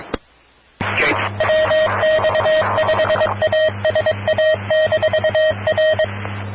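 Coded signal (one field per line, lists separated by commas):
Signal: Morse code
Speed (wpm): 22 wpm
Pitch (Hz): 630 Hz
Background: speech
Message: WX5ASA-R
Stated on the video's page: Repeater on 444.650 MHz used by a Skywarn weather spotters net.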